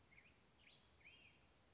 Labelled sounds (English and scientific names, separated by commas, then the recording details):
Black-headed Grosbeak (Pheucticus melanocephalus)
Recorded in Sonoma County, California